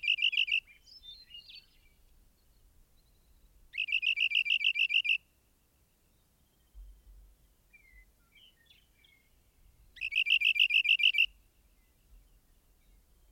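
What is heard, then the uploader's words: A rock wren sings a loud, rapid trilled phrase of repeated bright notes, each burst lasting about a second and recurring at roughly six-second intervals. Between songs, faint chirps and soft low wind rumble fill the quiet gaps. Rock Wren.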